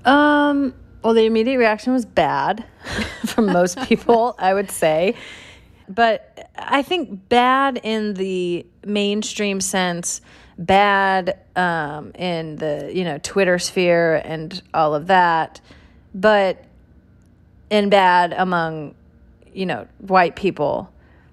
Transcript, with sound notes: Well, the immediate reaction was bad... (LAUGHTER) ...For most people, I would say. But I think bad in the mainstream sense, bad in the, you know, Twittersphere and all of that but - and bad among, you know, white people.